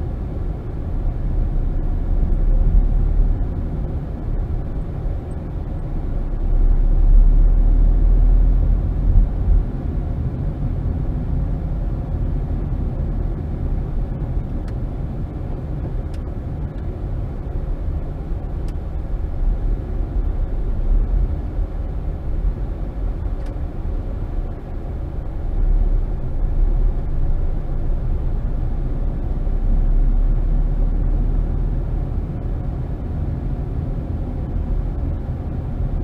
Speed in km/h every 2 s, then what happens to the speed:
18, 23, 19, 23, 27, 27, 23, 16, 10, 8, 10, 10, 11, 15, 19, 24, 26, 23.
0-5 steady at about 19. 5-8 speeds up to 27. 11-16 slows to 10. 16-24 steady at about 10. 24-31 speeds up to 26.